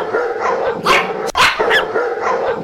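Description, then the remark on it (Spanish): An English mastiff barks a few loud, deep, gruff times, with short gaps between the barks and a steady low rumble of background noise throughout. “El mastín inglés es una raza de perro con una historia tan antigua como impresionante.”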